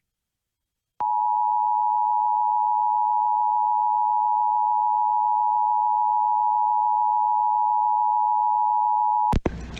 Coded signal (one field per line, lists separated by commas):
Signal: Emergency Alert System (SAME) tones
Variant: 853 and 960 Hz attention tone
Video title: EAS Required Monthly Test Minnesota/Wisconsin (Christmastime in the Iron Range Edition!)